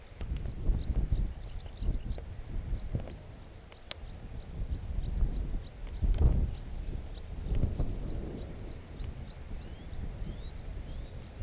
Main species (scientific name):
Anthus pratensis